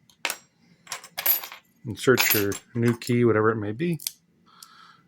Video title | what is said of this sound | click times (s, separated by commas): How to Rekey the Kwikset SmartKey without the original key. | just press in that till you hear the click | 0.2 s